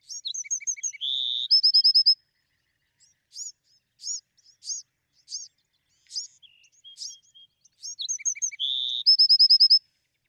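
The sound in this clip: Bewick's wren song: two phrases of high thin notes, a low buzz and a fast ringing trill, separated by spaced sharp chips.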